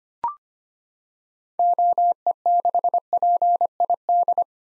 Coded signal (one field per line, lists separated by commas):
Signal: Morse code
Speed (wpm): 25 wpm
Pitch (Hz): 700 Hz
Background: none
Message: OE6PID